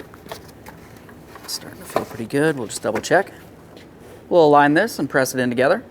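A plastic side mirror cap for a 2015–2020 Ford F-150 is handled and aligned with its clips against the side mirror housing, with faint handling ticks and rustles while someone talks. The clip ends just before the cap is pressed home; nothing has seated or clicked yet.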